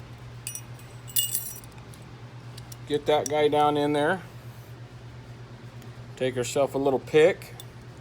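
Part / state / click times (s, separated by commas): retaining ring into groove of motorcycle fork cartridge / not seated / none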